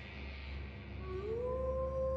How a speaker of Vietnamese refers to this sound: Càng đi, mọi thứ càng trở nên quái đản. Cậu Khôi nghe thấy tiếng sói hú, tiếng cọp gầm, tiếng lợn rừng thở phì phò.